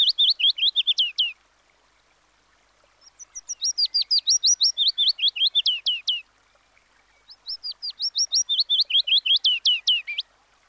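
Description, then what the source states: Willow Warbler song, three phrases of sweet whistled notes that slide downward in pitch, with pauses between. Summer migrant heard high in trees in the summer months; looks very similar to the chiffchaff, but its call whistles and descends.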